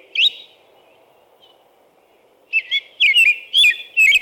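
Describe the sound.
American robin: one short whistled note, a quiet gap, then a lively burst of caroling phrases; low steady hum in the background.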